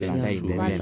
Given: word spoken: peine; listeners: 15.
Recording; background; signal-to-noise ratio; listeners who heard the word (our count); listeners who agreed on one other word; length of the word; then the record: one Spanish word in noise, from a listening test; four-talker babble; -2.4 dB; 0 of 15; 9 of 15; 0.42 s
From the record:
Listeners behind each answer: 9, 2, 1, 1, 1, 1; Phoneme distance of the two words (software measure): 27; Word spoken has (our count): 2 syllables, 5 phonemes, stress on syllable 1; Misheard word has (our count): 3 syllables, 6 phonemes, stress on syllable 2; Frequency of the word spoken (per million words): 2.15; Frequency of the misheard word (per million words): 74.92